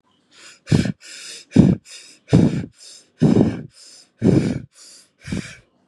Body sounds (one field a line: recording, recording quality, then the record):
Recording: shallow breathing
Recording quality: excellent, no background noise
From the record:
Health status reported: exposed to COVID-19, no respiratory illness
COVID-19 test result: negative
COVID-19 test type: RT-PCR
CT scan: not taken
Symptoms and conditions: none ticked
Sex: female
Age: 25 years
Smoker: no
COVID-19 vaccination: both doses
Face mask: not worn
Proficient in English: yes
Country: India